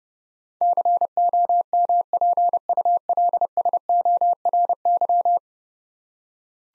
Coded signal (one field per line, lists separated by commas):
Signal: Morse code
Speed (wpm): 30 wpm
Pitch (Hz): 700 Hz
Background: none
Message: COMPULSORY